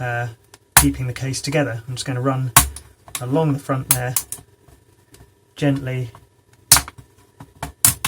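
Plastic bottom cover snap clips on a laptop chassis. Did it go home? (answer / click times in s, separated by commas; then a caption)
released / 6.7 s, 7.8 s. A thin blade is run gently along the front edge of the plastic base cover on an HP Notebook 15 (V0X52EA#ABU / af117na) laptop to pry its snap catches loose. Someone talks, then loud, sharp plastic clicks ring out at 6.7 s and 7.9 s as the clips release. The bottom cover's snap clips pop open from the laptop chassis.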